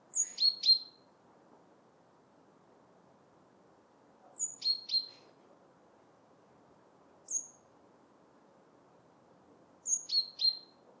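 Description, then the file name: Great tit calling: short groups of one to three sharp, high notes, each dropping in pitch, repeated at intervals of a few seconds over quiet background. "Parus major"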